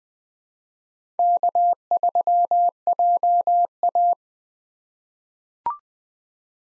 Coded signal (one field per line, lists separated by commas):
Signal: Morse code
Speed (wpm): 20 wpm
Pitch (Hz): 700 Hz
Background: none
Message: K3JA